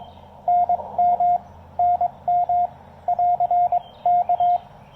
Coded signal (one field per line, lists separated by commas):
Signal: Morse code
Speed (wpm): 19 wpm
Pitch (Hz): 700 Hz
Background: radio noise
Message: NM NM <AR> K